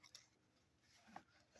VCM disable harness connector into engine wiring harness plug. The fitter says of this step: and then you hear that snap that in